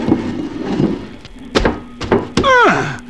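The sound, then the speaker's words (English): A low rumbling scrape leads into several heavy wooden thuds as a piano slides off a truck onto a person's back and lands, followed by a sharp descending tonal whine that drops in pitch. “All right, slide it off the truck onto my back. Here it comes, Ollie.”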